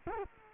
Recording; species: mosquito wingbeat signal from an infrared sensor; Culex quinquefasciatus